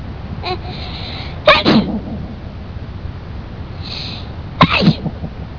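Two sharp sneezes about three seconds apart, each opened by a brief inward breath and closed by an abrupt explosive burst. Both sneezes sound alike, with quiet background between them. Ordinary sneezing in an adult.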